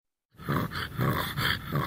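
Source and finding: Small dog (pug). Brachycephalic obstructive airway syndrome (stertorous breathing).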